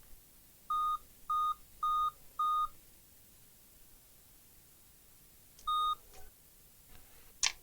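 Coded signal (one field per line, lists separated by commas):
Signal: beep code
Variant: laptop BIOS POST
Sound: four short evenly spaced mid-pitch beeps, a pause, then the sequence starts again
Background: handling clicks, small room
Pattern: 4 short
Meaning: Four beeps signal a memory read/write failure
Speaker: a dedicated graphic tee for babes memory read write failure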